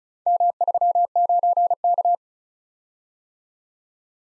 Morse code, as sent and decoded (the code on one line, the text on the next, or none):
-- ...-- ----. -.-
M39K